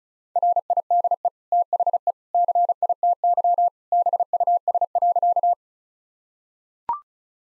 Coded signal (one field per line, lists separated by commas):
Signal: Morse code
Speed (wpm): 34 wpm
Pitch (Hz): 700 Hz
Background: none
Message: RIDE THE CITY BUS.